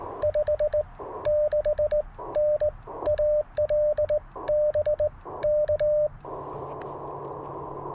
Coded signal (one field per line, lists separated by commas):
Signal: Morse code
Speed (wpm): 20 wpm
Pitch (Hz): 600 Hz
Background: radio noise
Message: 56N AL BK